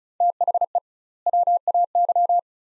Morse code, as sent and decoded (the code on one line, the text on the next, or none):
- .... . / .-- .- -.--
THE WAY